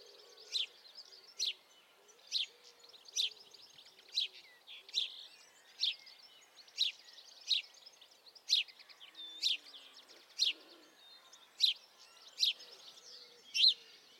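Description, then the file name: House sparrow calling with bright, emphatic chirps about once per second, over a busy backdrop of softer chirping and twittering. "Passer domesticus"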